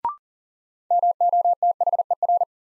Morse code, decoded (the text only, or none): MOTHER